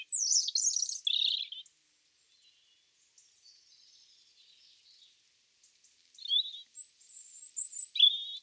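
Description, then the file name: European robin song: a high sweeping phrase and trill, quiet soft notes in between, then thin high whistles and a final trilled note. "Erithacus rubecula"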